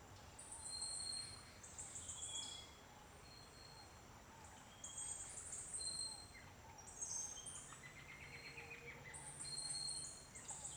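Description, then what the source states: Birds singing: very high, thin trills and buzzy phrases in repeated bursts, with short clear whistles lower down and faint softer chirps beneath steady background hiss. Birds singing at dawn.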